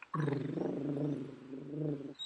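Imitated stertor: a snoring-like rattling breath, a noise like a snore coming from the chest and nostrils that obstructs the entry and exit of air.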